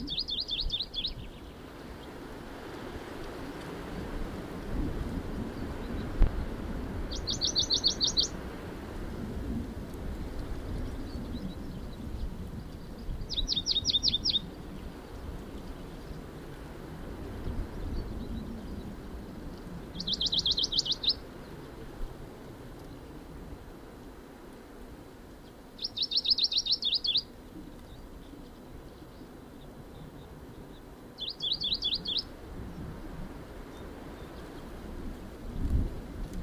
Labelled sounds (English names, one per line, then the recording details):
Western Bonelli's Warbler
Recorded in the wild
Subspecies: bonelli
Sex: male
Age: adult
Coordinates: 36.3667, 2.46667
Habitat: hillside with trees
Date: 1965-06-15 14:45
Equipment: LGS26
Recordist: Jeserich, E